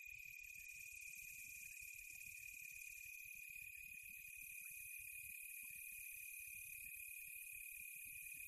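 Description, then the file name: Crickets in a steady, high-pitched chirping chorus, continuous and unbroken throughout, with a faint low rumble underneath. Quiet tropical night; crickets close by. "smartsound ATMO NATURE Quiet Tropical Night Close Crickets"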